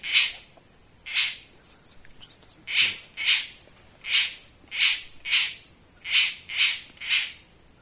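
Bird calling with rough, raspy notes, often paired, spaced irregularly through the stretch.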